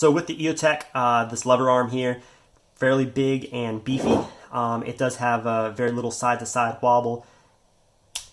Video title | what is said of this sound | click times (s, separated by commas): Eotech G33 vs Holosun HM3X Magnifier | it's a very affirmative positive click as it locks up onto the rail no wobble at all | 8.2 s